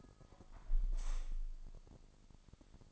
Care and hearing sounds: daily activity, microphone in the room; close window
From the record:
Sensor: 5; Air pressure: 1004.7 hPa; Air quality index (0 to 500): 81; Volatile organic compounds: 1 ppm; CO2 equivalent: 967 ppm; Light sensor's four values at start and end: 34/79/32/31 and 34/79/32/31

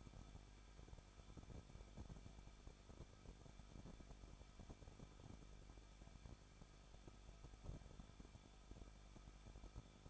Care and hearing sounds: daily activity, microphone in the room; no activity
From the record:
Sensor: 5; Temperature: 20.9 degrees Celsius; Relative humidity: 38.2%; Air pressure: 1006.4 hPa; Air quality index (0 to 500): 187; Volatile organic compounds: 18 ppm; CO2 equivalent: 2625 ppm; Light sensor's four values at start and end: 2/3/1/1 and 2/3/1/1

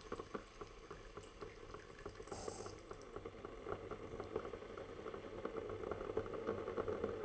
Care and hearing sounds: daily activity, microphone in the room; make coffee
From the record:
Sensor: 4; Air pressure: 1002.9 hPa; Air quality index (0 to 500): 247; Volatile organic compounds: 20 ppm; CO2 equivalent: 2689 ppm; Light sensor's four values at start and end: 4/10/4/4 and 4/10/4/4

